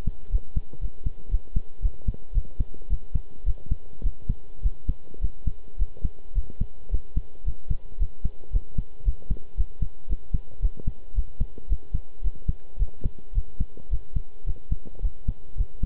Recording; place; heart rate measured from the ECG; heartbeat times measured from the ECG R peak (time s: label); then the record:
heart sounds by stethoscope; between the tricuspid and mitral areas; 110 bpm
0.31 s: heartbeat
0.81 s: heartbeat
1.31 s: heartbeat
1.82 s: heartbeat
2.34 s: heartbeat
2.90 s: heartbeat
3.46 s: heartbeat
4.03 s: heartbeat
4.63 s: heartbeat
5.21 s: heartbeat
5.78 s: heartbeat
6.35 s: heartbeat
6.91 s: heartbeat
7.45 s: heartbeat
7.99 s: heartbeat
8.52 s: heartbeat
9.05 s: heartbeat
9.57 s: heartbeat
10.09 s: heartbeat
10.62 s: heartbeat
11.15 s: heartbeat
11.69 s: heartbeat
12.23 s: heartbeat
12.79 s: heartbeat
13.35 s: heartbeat
13.90 s: heartbeat
14.46 s: heartbeat
15.02 s: heartbeat
15.57 s: heartbeat
From the record:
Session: pedaling a stationary bicycle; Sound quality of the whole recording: good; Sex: male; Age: 23 years